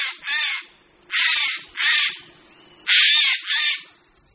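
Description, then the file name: Eurasian jay giving harsh, raspy screeches, one single then two pairs, each burst about half a second long, with a quiet low hum in the background. "Sojka obecná"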